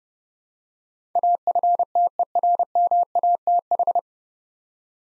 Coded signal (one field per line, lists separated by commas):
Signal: Morse code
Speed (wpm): 30 wpm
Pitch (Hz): 700 Hz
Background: none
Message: AFTERMATH